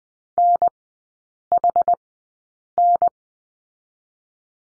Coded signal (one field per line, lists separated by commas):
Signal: Morse code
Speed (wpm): 20 wpm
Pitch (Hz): 700 Hz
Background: none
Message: NHN